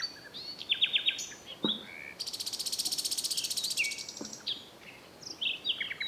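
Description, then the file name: Common nightingale singing whistled notes, then a long buzzy pulsed rattle lasting about two seconds, followed by more high chirps, with background hiss. "Luscinia megarhynchos"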